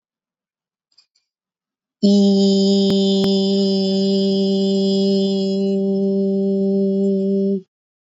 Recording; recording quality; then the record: sustained vowel as in beet; excellent, no background noise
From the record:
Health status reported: COVID-19 positive, mild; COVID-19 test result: positive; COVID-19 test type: RT-PCR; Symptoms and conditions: cough, sore throat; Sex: female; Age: 24 years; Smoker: no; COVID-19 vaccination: both doses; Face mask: not worn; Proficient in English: yes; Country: India